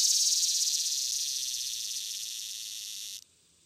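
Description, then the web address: Swamp cicada song, a loud continuous buzzy drone that slowly fades in volume, then stops abruptly after about three seconds, leaving near silence. "The Songs of Insects. Swamp Cicada"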